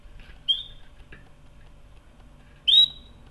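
Canary giving two sharp rising whistle notes about two seconds apart, the second louder and longer, against quiet low hum.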